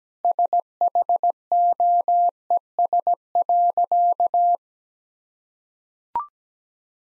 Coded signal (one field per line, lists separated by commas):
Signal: Morse code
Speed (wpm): 17 wpm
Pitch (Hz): 700 Hz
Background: none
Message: SHOES.